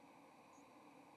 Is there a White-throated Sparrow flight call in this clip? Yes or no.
no